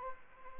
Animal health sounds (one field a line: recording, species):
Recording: mosquito wingbeat signal from an infrared sensor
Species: Anopheles arabiensis